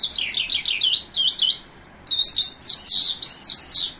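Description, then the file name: Bimaculated lark song: quick wavering, warbled notes in tight looping phrases, with a brief gap before a longer run of rolling notes. In Iran. "iranian sound bimaculated lark"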